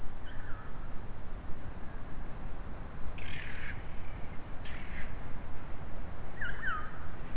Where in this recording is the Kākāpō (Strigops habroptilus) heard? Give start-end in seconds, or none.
none